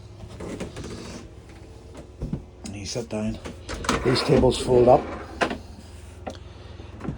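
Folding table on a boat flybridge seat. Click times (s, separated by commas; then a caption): 5.4 s. On a boat's flybridge, a folding table at the seat is folded up and locks into its upright position with a sharp, loud knock at 5.4 s. Someone talks throughout, with softer knocks and handling sounds around it.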